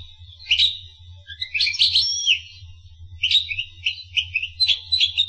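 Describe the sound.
Finch song in short high bursts of twittering notes separated by pauses, a faint low hum throughout.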